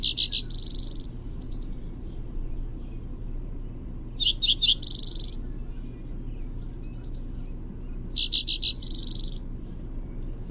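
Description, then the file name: Spotted towhee song: quick sharp opening notes then a harsh buzzing trill, given three times roughly four seconds apart, with constant low background rumble. Primary song. "SPTO-Primary Song"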